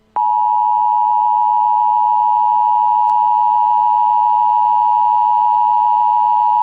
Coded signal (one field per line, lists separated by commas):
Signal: Emergency Alert System (SAME) tones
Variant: 853 and 960 Hz attention tone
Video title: EMERGENCY ALERT SYSTEM - ALIEN INVASION PRANK VIDEO